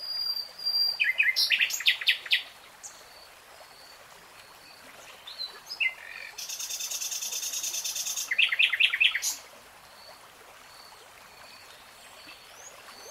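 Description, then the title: Nightingale song: bursts of rapid repeated notes and chirps, a long high buzzing section near the middle, and thin whistles between phrases. Real-time recording. "[Tiếng chim hót] 3 Hours REALTIME Nightingale Singing"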